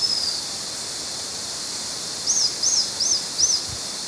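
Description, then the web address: White-fronted Tyrannulet song: a thin falling note, then four quick, high arched notes evenly spaced under half a second apart, against constant hiss. Ecuador. "Natures Songs S America Birds of Ecuador 3 White-Fronted Tyrannulet"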